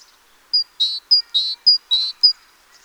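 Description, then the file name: Great tit repeating a high whistle paired with a buzzy lower note three times, with an extra high note and faint sounds at both ends. "Parus major"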